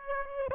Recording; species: mosquito wingbeat signal from an infrared sensor; Aedes aegypti